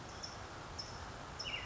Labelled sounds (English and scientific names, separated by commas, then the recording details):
California Towhee (Melozone crissalis)
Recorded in Sonoma County, California